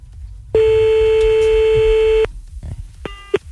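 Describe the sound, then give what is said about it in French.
A telephone line tone sounds as a call is placed: one long steady mid-pitched tone for nearly two seconds, then after a pause a shorter tone with a brief beep over quiet background. “Bon, on rappelle.”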